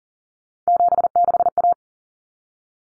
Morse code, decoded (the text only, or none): 76A